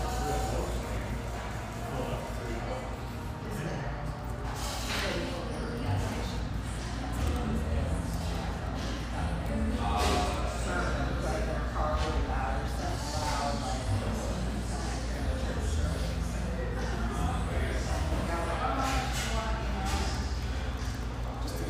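Lively chatter fills a spacious tea room, many voices overlapping into a steady, dense murmur that never drops away. A low hum sits underneath throughout, while short bright clinks and clatters of cups and dishes break through every few seconds, especially around the middle.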